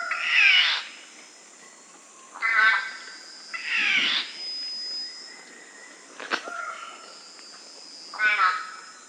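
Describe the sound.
Golden myna giving loud, harsh, harmonic calls spaced a few seconds apart, with a constant high insect drone behind.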